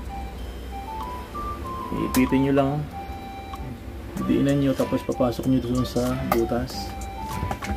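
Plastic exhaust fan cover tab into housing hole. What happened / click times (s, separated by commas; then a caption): Handled, not yet home: plastic cover tab being pressed toward its hole / none. A repaired plastic exhaust fan cover is pressed so its tab goes into the hole on the fan housing while someone talks over background music. The clip ends just before the part goes home, and nothing has seated or clicked yet.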